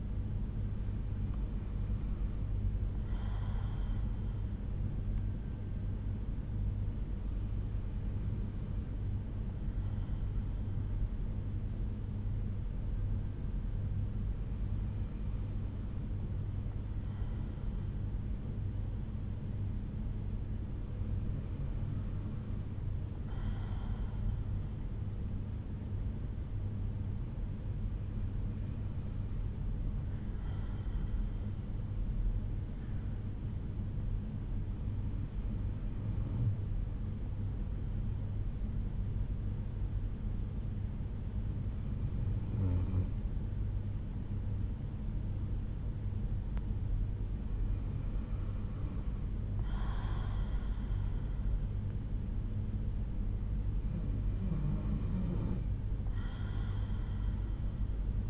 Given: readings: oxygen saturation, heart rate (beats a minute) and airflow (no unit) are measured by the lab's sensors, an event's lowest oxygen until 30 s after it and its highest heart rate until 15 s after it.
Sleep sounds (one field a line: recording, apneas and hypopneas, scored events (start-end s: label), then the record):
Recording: breathing in sleep by a smartphone at the bedside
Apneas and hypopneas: none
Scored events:
none scored
From the record:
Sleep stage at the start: N2 (light sleep)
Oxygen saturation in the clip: 92 to 93%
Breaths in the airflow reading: 9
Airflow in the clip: -5.8 to 4.2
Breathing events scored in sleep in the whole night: 368 in 8.0 hours asleep